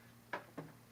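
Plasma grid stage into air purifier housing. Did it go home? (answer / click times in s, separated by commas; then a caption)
yes / 0.3 s. With an Advanced Pure Air AIR SHIELD™ air purifier laid on its back to make it easier, the plasma grid stage is slid into the purifier housing and snaps into place with a single sharp click at 0.3 s. A softer knock follows at about 0.6 s over a low steady hum. The plasma grid is confirmed seated.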